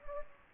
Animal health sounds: mosquito wingbeat signal from an infrared sensor; Anopheles gambiae

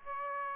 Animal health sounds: mosquito wingbeat signal from an infrared sensor; Aedes aegypti

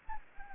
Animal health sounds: mosquito wingbeat signal from an infrared sensor; Anopheles gambiae

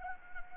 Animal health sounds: mosquito wingbeat signal from an infrared sensor; Anopheles gambiae

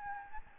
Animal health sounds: mosquito wingbeat signal from an infrared sensor; Aedes albopictus

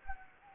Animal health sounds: mosquito wingbeat signal from an infrared sensor; Anopheles gambiae

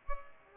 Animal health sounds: mosquito wingbeat signal from an infrared sensor; Culex pipiens

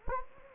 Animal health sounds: mosquito wingbeat signal from an infrared sensor; Anopheles gambiae

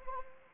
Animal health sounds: mosquito wingbeat signal from an infrared sensor; Anopheles arabiensis

